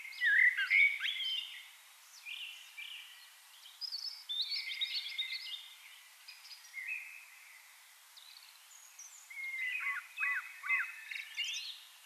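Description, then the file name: Eurasian blackbird warbling in a series of fluty phrases mixed with scratchy high twitters, fairly soft against a faint background hiss. "Turdus merula"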